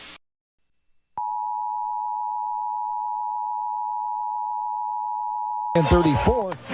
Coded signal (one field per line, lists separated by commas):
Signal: Emergency Alert System (SAME) tones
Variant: 853 and 960 Hz attention tone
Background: speech